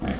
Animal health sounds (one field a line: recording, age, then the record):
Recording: pig call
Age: growing-finishing pig (85 days or more)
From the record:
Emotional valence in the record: negative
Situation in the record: barren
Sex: female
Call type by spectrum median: low-frequency call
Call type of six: low-frequency stable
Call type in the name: low-frequency stable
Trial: 3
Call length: 0.19 s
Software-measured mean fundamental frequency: 38 Hz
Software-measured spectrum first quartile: 174 Hz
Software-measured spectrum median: 339 Hz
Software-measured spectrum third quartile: 952 Hz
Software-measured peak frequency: 206 Hz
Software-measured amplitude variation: 88 dB a second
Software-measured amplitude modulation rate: 23.4 a second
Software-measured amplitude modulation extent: 3.8 dB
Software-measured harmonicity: -1.6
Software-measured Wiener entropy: -0.97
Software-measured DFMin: 653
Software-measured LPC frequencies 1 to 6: 599, 1628, 2151, 3221, 5772, 6521 Hz